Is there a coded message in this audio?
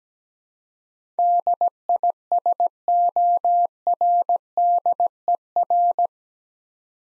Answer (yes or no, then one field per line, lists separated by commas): yes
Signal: Morse code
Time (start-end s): 1.2-6.1 s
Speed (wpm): 17 wpm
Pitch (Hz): 700 Hz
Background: none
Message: DISORDER